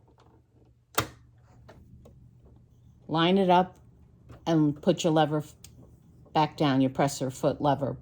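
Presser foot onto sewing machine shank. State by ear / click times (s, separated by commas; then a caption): seated / 1.0 s. A snap-on gathering presser foot is lined up under the sewing machine shank and the presser foot lever is lowered, and the foot clips on with a sharp snap at 1.0 s. Two faint ticks follow at about 1.7 and 2.1 seconds, and then someone talks.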